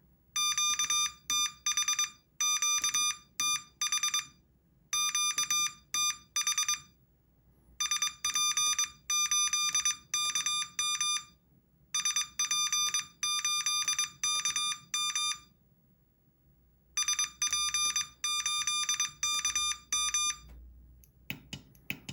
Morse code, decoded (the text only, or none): QTH QTH QTH SP8KM SP8KM SP8KM